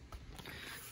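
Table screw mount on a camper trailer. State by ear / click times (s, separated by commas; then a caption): not seated / none. A camper table is screwed as tight as it will go into its ratcheting screw mount on a TAXA Tigermoth camper trailer, where it should click repeatedly as it locks, but it has stopped moving and its release button no longer works. Only a brief faint knock at about 0.1 s and another at 0.4 s rise over steady low rumbling noise. The mount has not clicked or locked.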